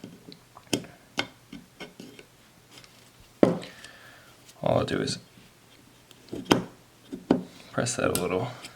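A steel snap ring is pressed by hand toward its groove in an S52/M52 engine oil pump housing during a rebuild, with sharp little taps and handling knocks between bursts of talk. Nothing has clicked or seated yet by the end.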